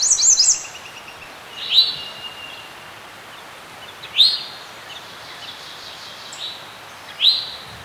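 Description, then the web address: Birds calling with a fast high twitter at the start, then single sharp chirps every few seconds over background hiss. Serene forest setting. "Dr Sound Effects. Birds Chirping In a Serene Forest"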